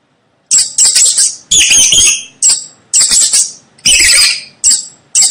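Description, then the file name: Mouse squeaking almost continuously, shrill rasping notes coming in irregular bursts. Mouse squeaking to help a baby fall asleep. "Tieng chuot keu cho be ngu"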